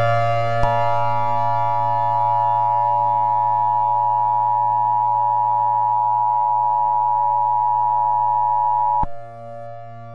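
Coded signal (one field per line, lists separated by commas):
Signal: Emergency Alert System (SAME) tones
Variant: 853 and 960 Hz attention tone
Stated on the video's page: Fictional emergency alert scenario that may or may not contain valid EAS tones.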